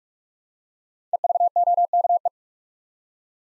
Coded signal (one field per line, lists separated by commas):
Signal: Morse code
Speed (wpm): 44 wpm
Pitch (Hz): 700 Hz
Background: none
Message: EVOKE